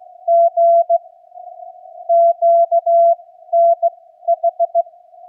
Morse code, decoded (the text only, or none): G QNH